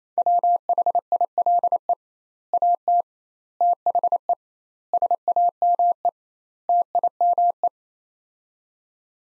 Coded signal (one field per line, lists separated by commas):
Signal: Morse code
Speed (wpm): 28 wpm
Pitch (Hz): 700 Hz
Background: none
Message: WHILE AT THE SAME TIME